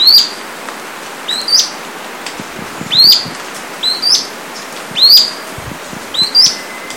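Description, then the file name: Grey-bellied Spinetail calling with sharp, high, downslurred whistled notes, some doubled, repeated at a steady pace over a faint steady hiss. Brazil; dated 4-5-13. "Synallaxis-cinerascens-NCunha PESM-4-5-13-ASilveira"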